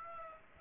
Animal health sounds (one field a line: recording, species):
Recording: mosquito wingbeat signal from an infrared sensor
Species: Aedes aegypti